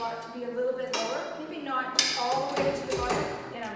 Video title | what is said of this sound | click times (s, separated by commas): Introduction to using an Atlantis cable pulley system | locked into place | 0.9 s